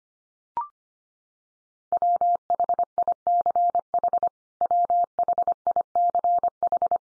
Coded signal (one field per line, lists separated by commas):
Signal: Morse code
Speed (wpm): 25 wpm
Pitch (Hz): 700 Hz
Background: none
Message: WHICH WHICH